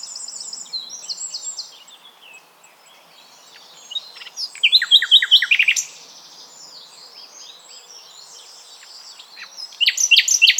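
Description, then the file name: Common nightingale singing in separate bursts of high chattering and sharp clicking notes, with quiet pauses between phrases. "Luscinia megarhynchos"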